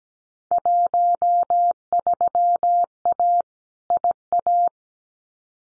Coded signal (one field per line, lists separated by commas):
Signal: Morse code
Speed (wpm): 17 wpm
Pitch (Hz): 700 Hz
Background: none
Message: 13A IA